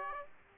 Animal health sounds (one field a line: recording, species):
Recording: mosquito wingbeat signal from an infrared sensor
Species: Aedes aegypti